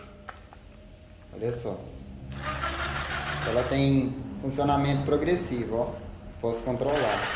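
An 18 V battery pack is slid onto an Einhell TE-JS 18 cordless jigsaw and clicks in at 0.3 s. It is seated, and a softer tick follows at 0.5 s. Someone talks as the jigsaw motor runs up and down in speed.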